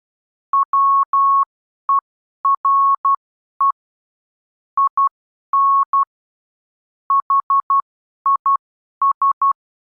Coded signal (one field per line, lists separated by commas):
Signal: Morse code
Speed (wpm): 12 wpm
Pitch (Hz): 1100 Hz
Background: none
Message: WERE IN HIS